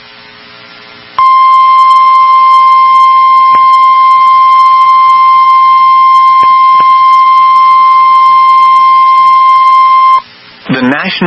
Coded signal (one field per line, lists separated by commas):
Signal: Emergency Alert System (SAME) tones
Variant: 1050 Hz attention tone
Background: speech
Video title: EAS Timeline of the EF5 Tornado in Enderlin, North Dakota from 06/20/2025 (EAS Alerts 255-262)